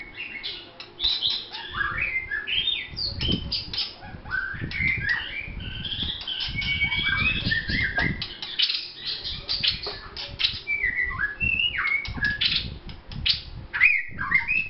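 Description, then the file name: White-rumped shama delivering a long, busy song of varied whistles, trills and slurred notes, with low rustling and thumping sounds underneath. Vietnam. "shama vietnam omkicau"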